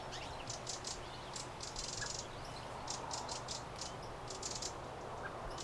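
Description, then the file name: Eurasian wren making rapid harsh ticking rattles in quick clusters, over a low steady hum. "Troglodytes troglodytes"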